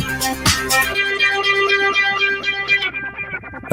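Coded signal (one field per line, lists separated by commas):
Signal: none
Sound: guitar intro music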